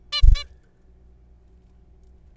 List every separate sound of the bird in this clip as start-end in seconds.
0.12-0.22, 0.35-0.44